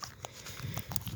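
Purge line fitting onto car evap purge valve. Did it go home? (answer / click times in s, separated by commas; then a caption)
no / none. A plastic quick-connect fitting on an AC Delco purge line is being handled at the evap purge valve nipple of a 2002 Buick LeSabre, ready to be pushed on until it snaps home. Only brief handling ticks and low rumbling are heard. Nothing has seated or clicked yet.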